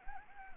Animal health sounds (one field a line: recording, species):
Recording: mosquito wingbeat signal from an infrared sensor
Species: Anopheles arabiensis